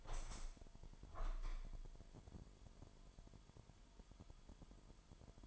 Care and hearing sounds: daily activity, microphone in the room; open window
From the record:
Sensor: 5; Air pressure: 998.2 hPa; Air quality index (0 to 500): 94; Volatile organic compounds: 2 ppm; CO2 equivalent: 1068 ppm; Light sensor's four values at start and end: 23/55/23/25 and 23/55/23/25

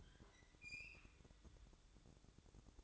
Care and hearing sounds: daily activity, microphone in the room; open fridge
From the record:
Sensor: 3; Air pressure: 1007.7 hPa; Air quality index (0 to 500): 76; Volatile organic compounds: 1 ppm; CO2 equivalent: 660 ppm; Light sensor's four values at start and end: 12/28/12/12 and 12/28/12/12

